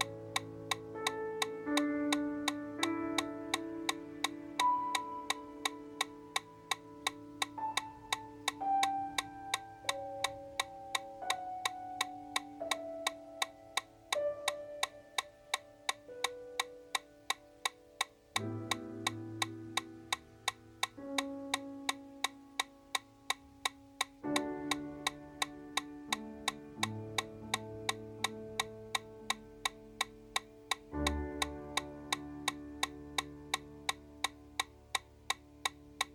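A metronome ticks at a fast, perfectly even pace, about 170 beats per minute, each click short and bright. Beneath it a melodic music track plays with sustained chords and a bass line, changing harmony every few seconds, notably around 18, 24 and 31 seconds.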